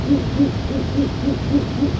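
Owl hooting, a quick run of short, low hoots, about seven in two seconds, evenly spaced over a steady background hiss.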